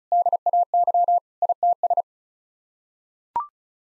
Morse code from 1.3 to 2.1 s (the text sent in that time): ITS